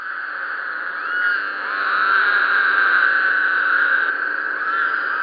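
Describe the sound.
Woodhouse's toad chorus: many overlapping buzzy trills form a steady drone, with single calls rising in pitch above it; the chorus swells louder midway.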